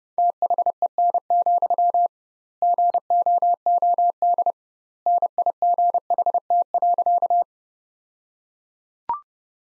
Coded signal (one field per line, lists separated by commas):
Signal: Morse code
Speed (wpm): 30 wpm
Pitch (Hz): 700 Hz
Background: none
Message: THEN, GOOD NIGHT.